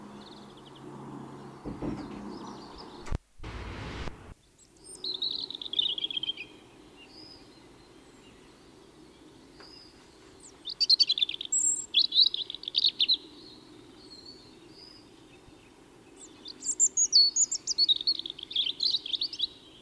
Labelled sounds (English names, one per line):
European Robin song